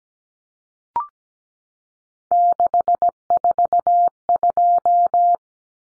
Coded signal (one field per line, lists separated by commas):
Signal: Morse code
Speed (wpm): 17 wpm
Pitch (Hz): 700 Hz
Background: none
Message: 642